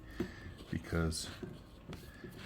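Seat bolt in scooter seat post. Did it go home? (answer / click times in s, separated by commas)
no / none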